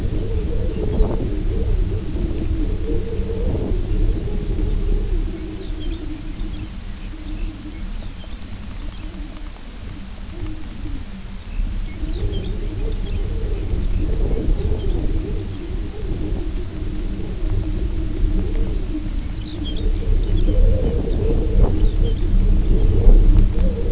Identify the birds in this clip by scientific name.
Calcarius lapponicus